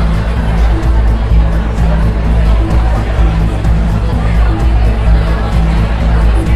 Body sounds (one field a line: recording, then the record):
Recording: background sound without coughing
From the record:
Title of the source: Party Noise 1 Hour Party Ambience